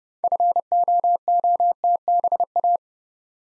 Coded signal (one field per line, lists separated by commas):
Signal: Morse code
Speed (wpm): 30 wpm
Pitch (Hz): 700 Hz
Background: none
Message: FOOTBA